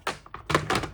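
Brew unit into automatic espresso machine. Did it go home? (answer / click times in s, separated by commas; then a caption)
no / none. The rinsed, removable brew unit of a DeLonghi Dinamica automatic espresso machine is handled at the machine's housing, producing a series of short thunks and knocks around 0.1, 0.3, 0.5 and 0.7 seconds. The unit has not yet clicked or seated into place by the end of the clip.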